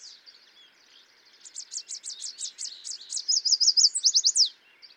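Yellow warbler singing a rapid series of high sweet notes that speeds into a loud slurred flourish, softer chips and song from other birds underneath.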